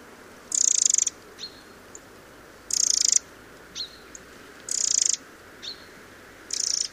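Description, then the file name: Eurasian wren calls: very high, harsh rattling bursts of about half a second, repeated every two seconds, with a faint thin note between them. "Troglodytes troglodytes"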